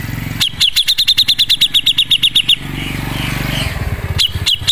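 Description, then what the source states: Grey-cheeked bulbul chattering in a quick, even burst of clicky high notes lasting about two seconds, a low hum between, then the notes starting again. Masteran (tutor) recording of the cucak jenggot, used as training audio for caged birds.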